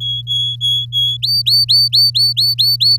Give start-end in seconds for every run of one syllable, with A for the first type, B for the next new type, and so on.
0.00-1.17 A, 1.22-2.97 B